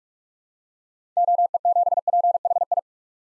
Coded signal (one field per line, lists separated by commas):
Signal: Morse code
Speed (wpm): 47 wpm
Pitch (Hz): 700 Hz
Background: none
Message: OE7PHI